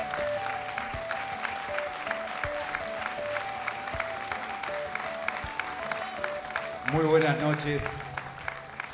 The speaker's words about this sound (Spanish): Y qué lindo aplauso, y sé que es un aplauso que no es para mí, y es para la señora Nelly Omar, la señora cantora nacional, que hoy vamos a festejar.